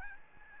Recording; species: mosquito wingbeat signal from an infrared sensor; Aedes albopictus